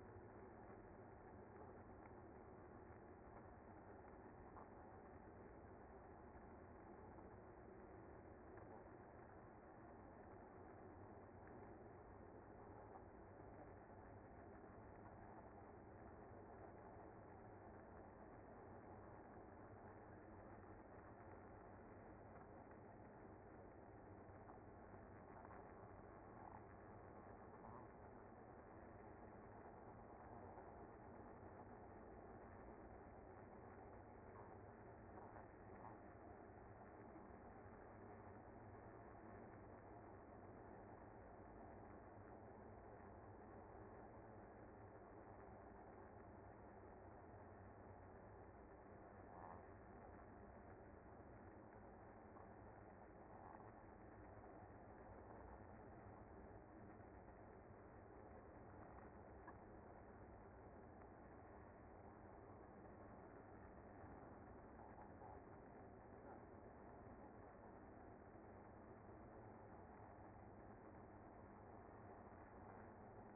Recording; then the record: honeybee colony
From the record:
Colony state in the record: active